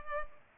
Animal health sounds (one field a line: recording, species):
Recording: mosquito wingbeat signal from an infrared sensor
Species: Culex pipiens